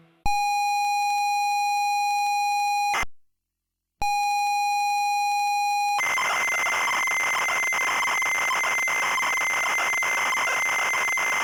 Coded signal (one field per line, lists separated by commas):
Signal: ZX Spectrum tape loading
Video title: ZX Spectrum Loading Screen (AI 5)